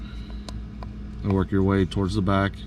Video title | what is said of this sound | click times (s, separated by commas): How to replace a 2010 Volkswagen Routan 5 Button Fobik Key Battery | just squeeze it and you'll hear it snap and | 0.5 s, 0.8 s